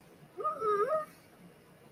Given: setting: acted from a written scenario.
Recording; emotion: vocal sound without words; ecstasy